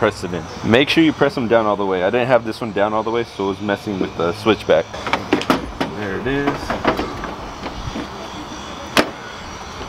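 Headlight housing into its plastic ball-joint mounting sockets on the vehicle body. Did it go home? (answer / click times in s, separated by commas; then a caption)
yes / 9.0 s. A headlight housing is pressed back onto its plastic ball-joint mounting sockets on a Jeep Grand Cherokee WJ while someone talks, with a few small knocks around 5.3–5.8 seconds. A sharp click at 9.0 seconds marks the housing snapping into place, and it is seated.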